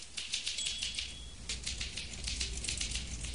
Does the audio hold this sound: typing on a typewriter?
yes